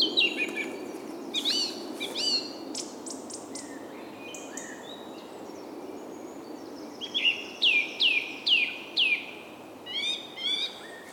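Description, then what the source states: Bird calls: clear descending whistled notes, often in quick pairs or runs, with a busier burst of falling slurred whistles in the second half over steady background hiss. Soundscape.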